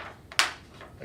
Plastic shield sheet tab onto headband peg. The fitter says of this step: that I don't know if you can hear that click and then the last one you know pull it really tight and that clicks on sometimes